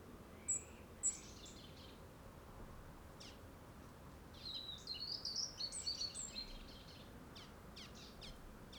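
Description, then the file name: European robin: two sharp high notes, then a fast, tumbling high warble of squeaky notes trailing off into faint ticks. "Erithacus rubecula"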